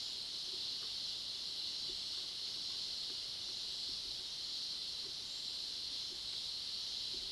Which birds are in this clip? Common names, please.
none